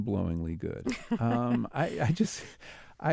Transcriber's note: laughter